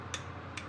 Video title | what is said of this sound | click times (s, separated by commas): 06-02-24 – 71 Norton - Green FB – Installing the Pistons and Jugs | and you heard the click | 0.1 s